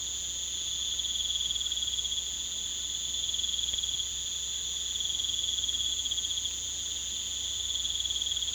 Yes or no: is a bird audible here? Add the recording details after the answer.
no. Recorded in pastures near Puerto Asís, Putumayo, Colombia, on 22 December 2024 at 19:00. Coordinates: 0.486, -76.323. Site GP01